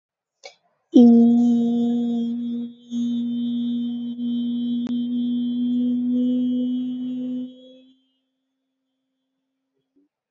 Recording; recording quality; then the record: sustained vowel as in beet; excellent, no background noise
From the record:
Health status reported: healthy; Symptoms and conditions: none ticked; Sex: female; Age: 21 years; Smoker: not ticked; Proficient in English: yes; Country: India